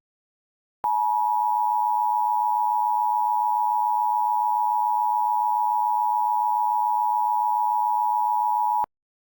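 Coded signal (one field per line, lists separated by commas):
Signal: Emergency Alert System (SAME) tones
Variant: 853 and 960 Hz attention tone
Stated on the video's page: Fictional EAS scenario containing valid SAME tones.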